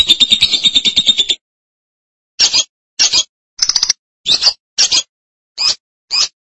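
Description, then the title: Lovebird song: a short burst of rapid buzzy chatter, then several separate harsh, squeaky chirps. "BM Suara Burung Lovebird"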